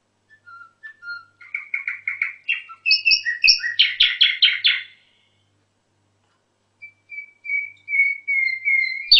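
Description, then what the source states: Canary song: soft whistled notes building into fast rolling trills at two pitches, a pause, then steady whistled tones rising at the end. Orpheus canary.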